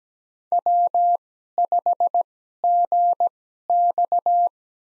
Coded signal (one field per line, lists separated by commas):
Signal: Morse code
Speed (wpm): 17 wpm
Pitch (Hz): 700 Hz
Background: none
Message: W5GX